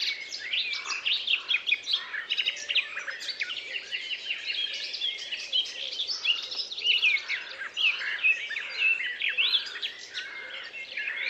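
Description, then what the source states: Birds singing in chorus, many overlapping high chirps, trills and whistles throughout. Forest ambience.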